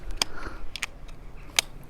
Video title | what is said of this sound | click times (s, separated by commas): Paul’s Tackle Reviews - Matrix Fishing Quad Pole Roller | wait for that to click in place | 0.2 s, 1.6 s